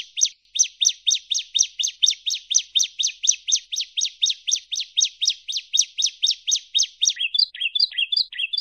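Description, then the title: Bar-winged prinia song, rapid regular high chirps about four per second, shifting near the end to lower, more varied warbled notes. "Kicau Ciblek Kristal"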